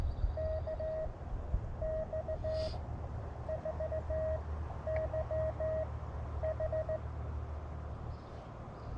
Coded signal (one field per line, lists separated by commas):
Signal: Morse code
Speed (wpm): 17 wpm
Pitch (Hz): 590 Hz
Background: none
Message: KX4YH